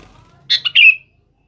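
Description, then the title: Sooty-headed bulbul: one rapid phrase of three bubbly notes, the last one longest, after faint low background noise. "Kutilang"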